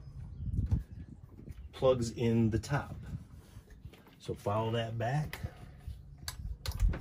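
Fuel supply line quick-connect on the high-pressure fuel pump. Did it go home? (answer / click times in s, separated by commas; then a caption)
yes / 6.7 s. The fuel supply line quick-connect from the high-pressure fuel pump on a Volvo Penta engine is pushed onto its fitting on top of the pump while someone talks. Sharp clicks follow near the end, and the connector snaps into place at 6.7 s, seated.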